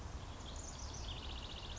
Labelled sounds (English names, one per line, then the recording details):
House Wren
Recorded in Sonoma County, California